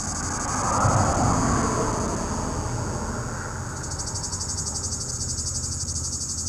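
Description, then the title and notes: Cicada buzzing in a high shrill band, steady at first and then pulsing rapidly in the second half, over a low rumble of passing traffic. Cicada in an apple tree at the top of the Côte de Groisin, Chindrieux, France, at 32°, with traffic on the RD991; Zoom H4n Pro, preamp level 100. "3029 Rte d'Aix, 73310 Chindrieux, France - cigale. Cigale dans un pommier au sommet de la côte de groisin, il fait 32°"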